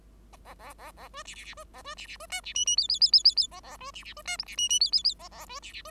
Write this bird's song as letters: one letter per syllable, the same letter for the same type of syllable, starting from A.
A A A A B C C C B A B C C B D C E E F F F F F F A A B C C B D G C E E F F F A A B C C B